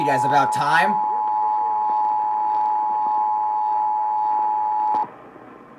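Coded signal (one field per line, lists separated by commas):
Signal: Emergency Alert System (SAME) tones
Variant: 853 and 960 Hz attention tone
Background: speech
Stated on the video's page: EAS tones for tornado, severe thunderstorm and flash flood warnings in North Central Texas, received on a Sangean CL-100 radio.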